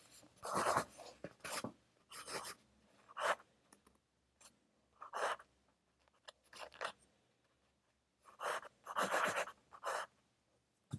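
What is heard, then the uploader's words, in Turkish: Studying with a pencil: short bursts of scratchy writing strokes come in uneven clusters, separated by quiet pauses over a faint, steady hiss. Sessiz odada 60 dakika boyunca kurşun kalem ile ders çalışma; ortam sesleri, beyaz gürültü alt yapısı.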